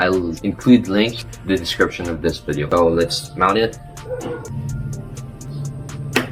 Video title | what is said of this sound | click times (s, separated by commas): Helmet Chinmount Hack - Best Method | Heard the click. | 6.2 s